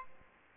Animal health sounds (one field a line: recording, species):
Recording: mosquito wingbeat signal from an infrared sensor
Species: Aedes albopictus